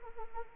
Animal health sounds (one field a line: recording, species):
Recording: mosquito wingbeat signal from an infrared sensor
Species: Anopheles arabiensis